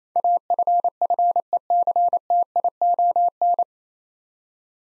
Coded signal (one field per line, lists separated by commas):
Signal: Morse code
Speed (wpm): 28 wpm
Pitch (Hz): 700 Hz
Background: none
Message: AFFECTION